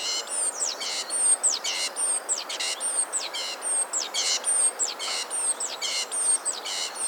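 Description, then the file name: Great tit calls: a rapid series of sharp, high notes, each a thin whistle sliding steeply downward, joined to buzzy bursts and repeated about once a second. "Parus major"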